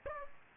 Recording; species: mosquito wingbeat signal from an infrared sensor; Aedes aegypti